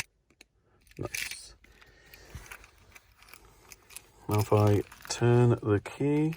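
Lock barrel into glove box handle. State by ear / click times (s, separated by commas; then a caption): seated / 0.4 s. A lock barrel is pushed into a new plastic glove box handle on a VW Golf Mk3 until its retaining tab engages, giving a sharp click at 0.4 s as it seats. Light handling noises follow, then someone talks.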